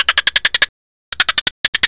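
Dolphin pulsed call: rapid trains of harsh, buzzy clicks, about ten per second, broken by a short silence and then resuming in two bursts.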